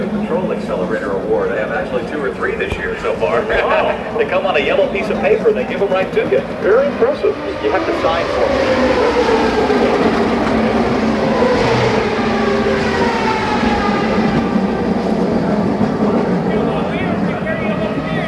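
IndyCar racing at Fontana: a dense, steady roar holds for the whole stretch with no pauses. From about seven seconds on, overlapping engine whines sweep downward in pitch as cars pass, under a constant low rumble and what sounds like talking.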